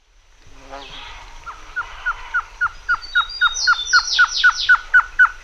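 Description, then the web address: Black-fronted nunbird calls: a fast series of short, sharply downswept notes, about four per second, growing louder, joined later by higher descending chattering notes. Pantanal. "sescpantanal. Chora chuva"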